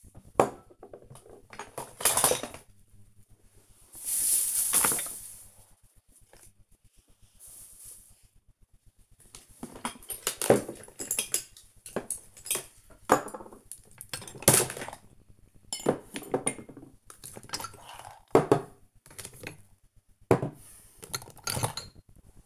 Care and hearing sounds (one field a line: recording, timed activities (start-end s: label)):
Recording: household activities, microphone on the right wrist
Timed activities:
0.00-22.46 s: tidy up the cupboard